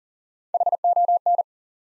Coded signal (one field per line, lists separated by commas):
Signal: Morse code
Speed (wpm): 40 wpm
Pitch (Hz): 700 Hz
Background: none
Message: HON